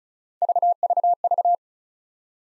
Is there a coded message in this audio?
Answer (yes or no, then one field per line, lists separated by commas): no